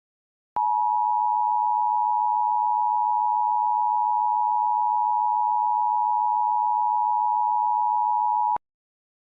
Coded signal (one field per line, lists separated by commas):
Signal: Emergency Alert System (SAME) tones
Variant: 853 and 960 Hz attention tone